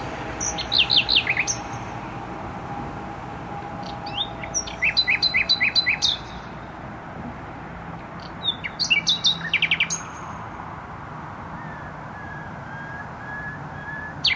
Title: Bródno-Podgrodzie, Warszawa, Polska - Trasa Toruńska Nightingale